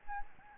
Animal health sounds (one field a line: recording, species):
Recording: mosquito wingbeat signal from an infrared sensor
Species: Aedes albopictus